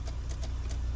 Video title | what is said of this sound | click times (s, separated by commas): How To Swap Out Your Automatic Shifter Knob | That is the lock disengaging when you push the trigger. | 0.3 s